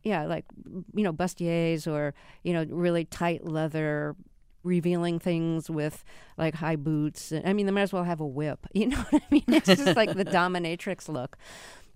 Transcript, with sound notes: Yeah, like, you know, bustiers or, you know, really tight leather revealing things with, like, high boots. I mean, they might as well have a whip, you know what I mean?
(LAUGHTER)
It's just like the dominatrix look.